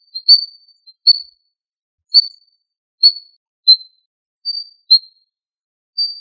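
Quail giving pure, high whistles, single or paired, spaced about a second apart with short pauses between.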